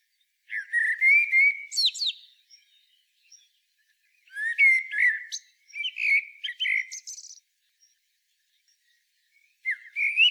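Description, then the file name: Common blackbird singing repeated fluty phrases with rising slurs and scratchy high twittering notes, with short gaps between. "Turdus merula"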